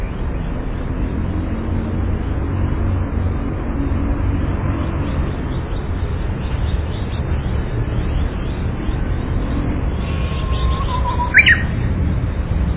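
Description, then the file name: Japanese bush warbler giving one song near the end, a held whistle then a brief sharp flourish, fairly soft above a continuous low roar. "uguisu"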